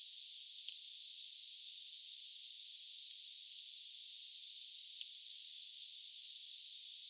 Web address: paivat 17 9 2024 olisiko tuo nuori keltanokkarastas tai sinihohtorastas